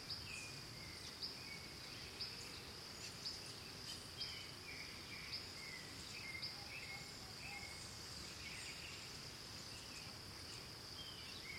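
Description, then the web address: Crickets give an unbroken high trill as birds add frequent short chirps and whistled notes. Ambience recorded in Costa Rica, with birds. "Big Room Sound Birds Crickets Costa Rica"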